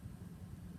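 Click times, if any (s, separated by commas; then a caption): none. A plastic cap is being handled onto a marker body, which is capped so the marker won't dry out. Only a steady low rumble and faint broadband noise are heard, with no sharp transients. Nothing has seated or clicked yet.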